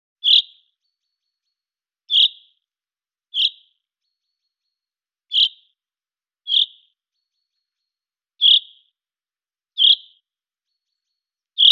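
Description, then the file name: Common chaffinch giving a series of brief, bright 'pink'-like notes, repeated irregularly every one to two seconds, with silence between them. "Fringilla coelebs"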